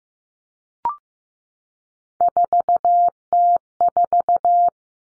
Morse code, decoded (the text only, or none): 4T4